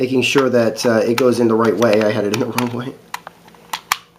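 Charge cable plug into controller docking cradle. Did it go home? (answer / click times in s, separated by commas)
yes / 3.9 s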